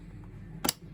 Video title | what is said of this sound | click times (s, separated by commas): Chucky Home Depot 2024 Head Cheek Repair Part 1 | you hear it click. I heard a nice big click. | 0.7 s